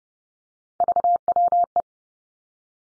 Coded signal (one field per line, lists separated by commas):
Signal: Morse code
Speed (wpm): 30 wpm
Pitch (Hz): 700 Hz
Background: none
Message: VWE